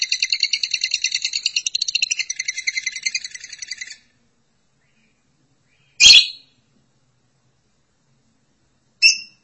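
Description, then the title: Lovebird chattering: a rapid, rasping high trill for four seconds, then silence broken by two single sharp, shrill chirps. "BM Suara Burung Lovebird"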